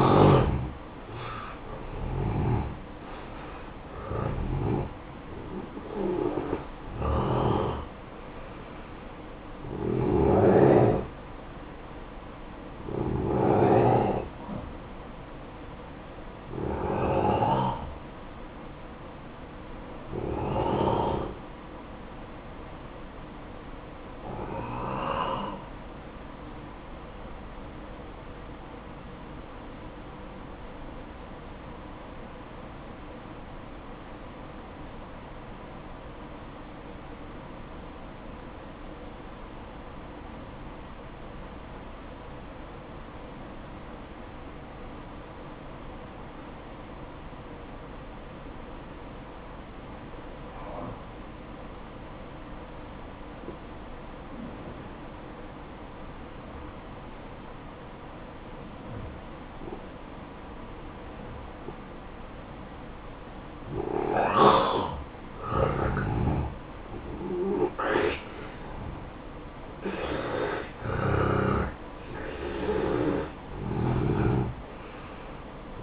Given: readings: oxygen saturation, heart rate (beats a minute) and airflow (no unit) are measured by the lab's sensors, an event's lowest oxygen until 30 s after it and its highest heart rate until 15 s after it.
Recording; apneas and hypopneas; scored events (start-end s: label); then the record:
breathing in sleep by a voice recorder at the bedside; 1
21.00-75.83 s: new sleep stage, N2 (light sleep)
30.00-64.30 s: obstructive apnea (N2, oxygen 95% highest, then 86% lowest, heart rate 59 at the start, 66 highest)
From the record:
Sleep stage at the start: N1 (lightest sleep); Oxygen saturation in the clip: 86 to 95%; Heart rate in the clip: 53 to 67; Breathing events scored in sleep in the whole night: 573 in 9.8 hours asleep